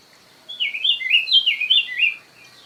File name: sanhaco frade